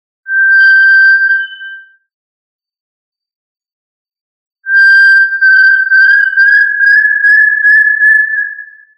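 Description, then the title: Tinamou whistled call: a steady pure whistle of about a second and a half, a pause, then a longer, slightly rising whistle lasting around four seconds. "Familia Tinamidae - Quail - Puyuh"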